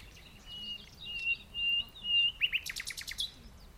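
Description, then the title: Common nightingale song: several pure whistled notes held level, then a burst of sharp rapid clicking notes at the end. Recorded in the dunes of The Hague on a lockdown morning walk, 12 May 2021. "Nightingale and joggers in the dunes (The Hague, May 12th 2021)"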